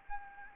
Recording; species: mosquito wingbeat signal from an infrared sensor; Anopheles gambiae